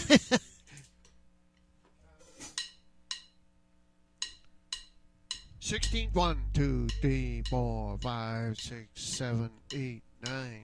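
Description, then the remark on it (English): Sharp, steady clicks of a metronome tick alone for several seconds, then a voice starts talking over a low hum as the ticking continues underneath. “get Jamtaba and take a look at the metronome”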